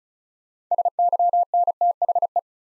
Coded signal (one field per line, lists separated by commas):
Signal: Morse code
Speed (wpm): 36 wpm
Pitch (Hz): 700 Hz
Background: none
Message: SYNTHE